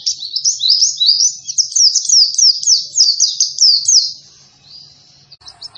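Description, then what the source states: White-eye song of loud, quick, high notes in a lively rolling series, about four per second, then fading into softer twitters. Energetic 'gacor' singing after being doped with Metabolis and You C 1000.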